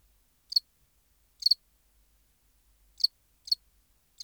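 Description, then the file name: House cricket: a few high, brief double-pulsed chirps spaced irregularly over a few seconds, otherwise quiet. "Acheta domesticus"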